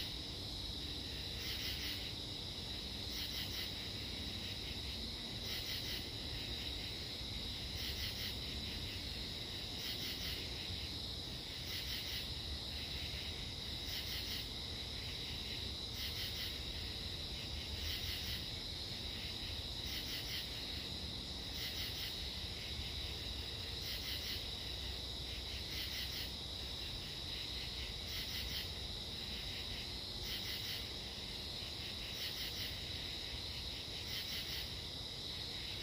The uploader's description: the sounds of late summer in the Eastern Great Deciduous Forest